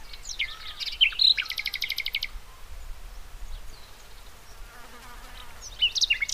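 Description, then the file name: Common nightingale song: a few sharp chirps leading into a fast, dry pulsed trill lasting about a second, then quieter twittering and a final chirp. "Luscinia megarhynchos"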